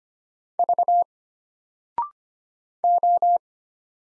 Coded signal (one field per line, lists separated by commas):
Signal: Morse code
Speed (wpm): 25 wpm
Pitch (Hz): 700 Hz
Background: none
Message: V O